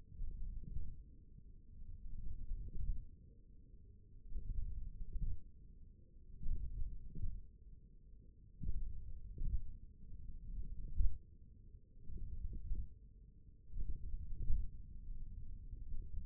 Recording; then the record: forearm muscle sounds (acoustic myography)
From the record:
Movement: tripod grip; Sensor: system 1, eight BSWA MPA416 microphones around the upper forearm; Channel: 1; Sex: male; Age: 28 years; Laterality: right